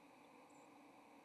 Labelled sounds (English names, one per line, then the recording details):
White-throated Sparrow flight call
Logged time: 07:59 on 30 October 2014